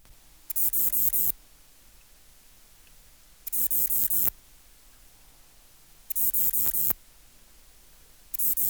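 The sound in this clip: Ephippigerida areolaria bush-cricket song: short hissing chirps of a few rapid pulses, four bursts spaced about two and a half seconds apart.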